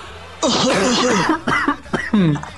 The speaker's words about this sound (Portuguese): Nossa, isso foi uma tossida de verdade. Não, esse não foi o meu, não. Tosse que nem homem, cara.